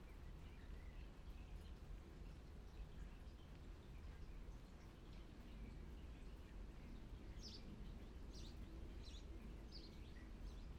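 Rain falls in a steady, dense wash with a heavy low rumble that never lets up. Toward the end, from about seven seconds on, a bird adds a few short, bright chirps at regular intervals above the downpour.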